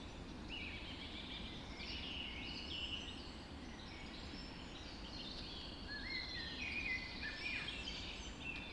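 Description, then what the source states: Birds singing in a dense chorus of overlapping warbles and thin whistles, with a clearer whistled phrase near the end, against a background hiss. Dawn chorus recorded just after dawn in the Forest of Dean.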